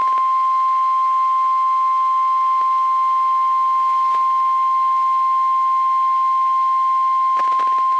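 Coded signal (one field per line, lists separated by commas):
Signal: Emergency Alert System (SAME) tones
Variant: 1050 Hz attention tone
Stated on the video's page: Ohio severe weather EAS alerts, including a tornado warning, from NOAA Weather Radio transmitter in Grafton, Ohio.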